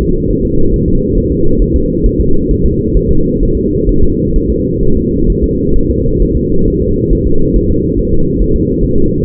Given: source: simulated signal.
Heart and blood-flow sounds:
fetal heart sounds
0.02 s: S2
0.31 s: S1
0.45 s: S2
0.74 s: S1
0.88 s: S2
1.17 s: S1
1.32 s: S2
1.62 s: S1
1.76 s: S2
2.06 s: S1
2.20 s: S2
2.51 s: S1
2.65 s: S2
2.97 s: S1
3.11 s: S2
3.43 s: S1
3.57 s: S2
3.89 s: S1
4.03 s: S2
4.36 s: S1
4.50 s: S2
4.83 s: S1
4.97 s: S2
5.30 s: S1
5.44 s: S2
5.76 s: S1
5.91 s: S2
6.22 s: S1
6.36 s: S2
6.68 s: S1
6.82 s: S2
7.12 s: S1
7.27 s: S2
7.56 s: S1
7.70 s: S2
7.99 s: S1
8.13 s: S2
8.42 s: S1
8.56 s: S2
8.83 s: S1
8.98 s: S2
From the record:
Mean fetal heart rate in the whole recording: 135 bpm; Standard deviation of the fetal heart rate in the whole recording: 3 bpm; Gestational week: 36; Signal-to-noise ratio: -17.7 dB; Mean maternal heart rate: 72 bpm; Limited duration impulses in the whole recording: present

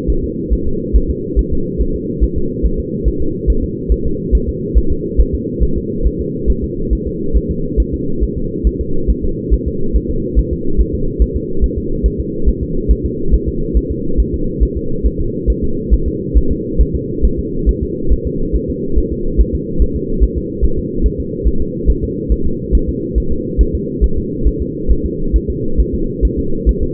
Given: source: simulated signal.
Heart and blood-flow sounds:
fetal heart sounds
0.10 s: S1
0.24 s: S2
0.53 s: S1
0.67 s: S2
0.96 s: S1
1.10 s: S2
1.39 s: S1
1.53 s: S2
1.81 s: S1
1.95 s: S2
2.23 s: S1
2.38 s: S2
2.65 s: S1
2.80 s: S2
3.08 s: S1
3.22 s: S2
3.50 s: S1
3.64 s: S2
3.92 s: S1
4.06 s: S2
4.35 s: S1
4.49 s: S2
4.78 s: S1
4.92 s: S2
5.20 s: S1
5.34 s: S2
5.63 s: S1
5.77 s: S2
6.06 s: S1
6.21 s: S2
6.50 s: S1
6.64 s: S2
6.93 s: S1
7.07 s: S2
7.36 s: S1
7.51 s: S2
7.80 s: S1
7.94 s: S2
8.23 s: S1
8.38 s: S2
8.67 s: S1
8.81 s: S2
9.10 s: S1
9.24 s: S2
9.54 s: S1
9.68 s: S2
9.96 s: S1
10.10 s: S2
10.39 s: S1
10.53 s: S2
10.81 s: S1
10.95 s: S2
11.22 s: S1
11.36 s: S2
11.64 s: S1
11.78 s: S2
12.06 s: S1
12.20 s: S2
12.49 s: S1
12.63 s: S2
12.91 s: S1
13.05 s: S2
13.34 s: S1
13.48 s: S2
13.77 s: S1
13.91 s: S2
14.20 s: S1
14.34 s: S2
14.63 s: S1
14.77 s: S2
15.06 s: S1
15.20 s: S2
15.50 s: S1
15.64 s: S2
15.93 s: S1
16.08 s: S2
16.37 s: S1
16.52 s: S2
16.81 s: S1
16.95 s: S2
17.25 s: S1
17.39 s: S2
17.69 s: S1
17.83 s: S2
18.12 s: S1
18.27 s: S2
18.56 s: S1
18.70 s: S2
18.98 s: S1
19.12 s: S2
19.40 s: S1
19.55 s: S2
19.82 s: S1
19.96 s: S2
20.23 s: S1
20.38 s: S2
20.64 s: S1
20.79 s: S2
21.06 s: S1
21.20 s: S2
21.47 s: S1
21.62 s: S2
21.90 s: S1
22.04 s: S2
22.32 s: S1
22.46 s: S2
22.75 s: S1
22.89 s: S2
23.18 s: S1
23.32 s: S2
23.61 s: S1
23.75 s: S2
24.04 s: S1
24.18 s: S2
24.47 s: S1
24.62 s: S2
24.91 s: S1
25.05 s: S2
25.36 s: S1
25.50 s: S2
25.80 s: S1
25.95 s: S2
26.25 s: S1
26.39 s: S2
26.69 s: S1
26.83 s: S2
From the record:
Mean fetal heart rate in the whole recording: 140 bpm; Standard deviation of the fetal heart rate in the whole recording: 2 bpm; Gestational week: 34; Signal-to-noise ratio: -8.1 dB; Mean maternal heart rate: 72 bpm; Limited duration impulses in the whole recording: absent

